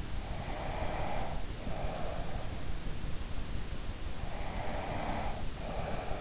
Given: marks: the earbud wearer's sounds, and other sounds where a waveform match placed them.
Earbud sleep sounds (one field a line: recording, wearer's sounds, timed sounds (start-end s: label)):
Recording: sounds in sleep by an in-ear microphone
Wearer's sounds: breath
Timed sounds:
0.25-2.16 s: breath
4.32-6.19 s: breath